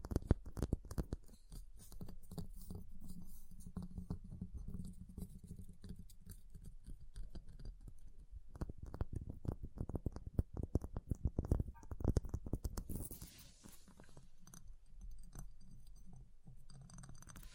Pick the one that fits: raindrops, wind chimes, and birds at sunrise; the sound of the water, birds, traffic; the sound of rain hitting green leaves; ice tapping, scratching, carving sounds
ice tapping, scratching, carving sounds